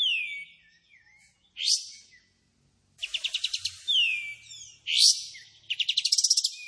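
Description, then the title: Kapas tembak song: a falling whistle, a loud upward sweep, then rapid high trills mixed with slurred notes and sweeps. Energetically singing (gacor) bird with long tembakan and besetan phrases; clear audio used as tutor recording for training white-rumped shamas (murai batu). "KAPAS TEMBAK GACOR TEMBAKAN DAN BESETAN PANJANG"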